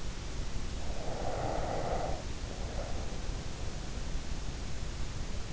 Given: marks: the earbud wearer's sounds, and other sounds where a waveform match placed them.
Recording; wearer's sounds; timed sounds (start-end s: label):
sounds in sleep by an in-ear microphone; breath
0.70-3.52 s: breath